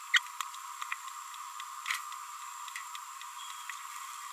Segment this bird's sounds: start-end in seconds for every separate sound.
0.92-0.94